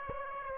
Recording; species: mosquito wingbeat signal from an infrared sensor; Aedes aegypti